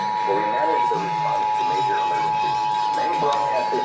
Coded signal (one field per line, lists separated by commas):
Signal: Emergency Alert System (SAME) tones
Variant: 853 and 960 Hz attention tone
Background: speech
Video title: Los Angeles Required Monthly Test (EAS #333-382) 7/27/21